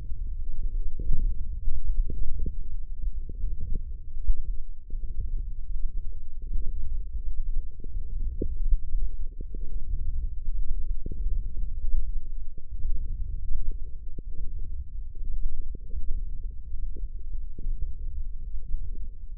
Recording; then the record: forearm muscle sounds (acoustic myography)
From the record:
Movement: wrist flexion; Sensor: system 1, eight BSWA MPA416 microphones around the upper forearm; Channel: 6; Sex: male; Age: 23 years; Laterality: right